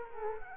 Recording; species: mosquito wingbeat signal from an infrared sensor; Culex quinquefasciatus